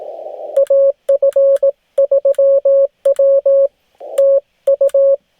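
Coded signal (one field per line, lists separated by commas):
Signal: Morse code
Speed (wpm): 18 wpm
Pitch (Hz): 550 Hz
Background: radio noise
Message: AF3W TU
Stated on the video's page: Parks on the Air test run from a new mobile station: Yaesu FT-891 with an ATAS-120A antenna.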